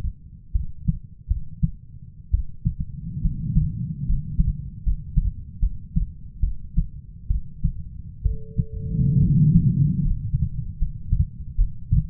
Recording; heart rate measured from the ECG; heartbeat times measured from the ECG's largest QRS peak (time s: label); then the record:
heart sounds by stethoscope; 71 bpm
0.52 s: heartbeat
1.27 s: heartbeat
2.31 s: heartbeat
3.21 s: heartbeat
4.05 s: heartbeat
4.83 s: heartbeat
5.60 s: heartbeat
6.40 s: heartbeat
7.27 s: heartbeat
8.22 s: heartbeat
9.19 s: heartbeat
10.01 s: heartbeat
10.78 s: heartbeat
11.55 s: heartbeat
From the record:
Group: healthy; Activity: rest 0-8 s, Valsalva maneuver 8-12 s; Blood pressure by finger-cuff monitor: 135/63 mmHg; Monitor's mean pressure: 82 mmHg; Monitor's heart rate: 69 bpm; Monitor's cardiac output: 6.5 L/min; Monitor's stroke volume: 96 mL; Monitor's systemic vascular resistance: 930 dyn s/cm5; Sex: female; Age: 37 years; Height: 168 cm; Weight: 70 kg